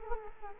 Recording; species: mosquito wingbeat signal from an infrared sensor; Culex quinquefasciatus